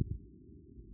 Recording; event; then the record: neck accelerometer signal played as sound; no cough (speech, laughter, throat clearing or background)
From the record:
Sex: female